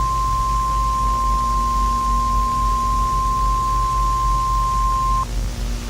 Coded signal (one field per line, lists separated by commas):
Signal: Emergency Alert System (SAME) tones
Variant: 1050 Hz attention tone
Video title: The dallas EF8-eas scenario mock￼